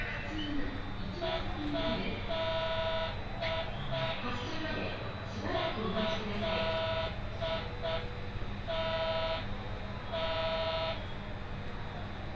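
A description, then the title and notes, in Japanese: Aboard a Tohoku Main Line train, a steady low rumble of the running carriage fills the clip. Over it, bright tones sound in repeated short bursts, likely a chime or signal. Voices of passengers chatter intermittently throughout. 鉄道旅 東北本線 仙台→小牛田。6:00発の始発列車小牛田行きに乗車します。701系の4両編成、仙台から離れていくのでそれほど混雑はありません。小牛田が近づいてくると乗り換えて古川あたりに通学する高校生が多く乗り込んできました。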